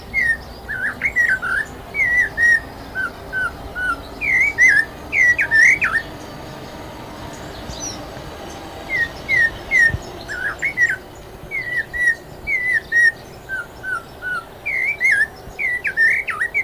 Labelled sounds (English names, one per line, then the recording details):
Snowy-crowned Robin-Chat song
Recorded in captivity
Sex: male
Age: adult
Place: Zoo Berlin, Berlin, DE
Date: 2000-04-04 12:07
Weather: cloudy, ca. 13°C
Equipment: Nagra SN, Kopie Uher 4000 Report Monitor
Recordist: Tembrock, Günter
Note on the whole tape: Gesang (Entfernung ca. 1 m)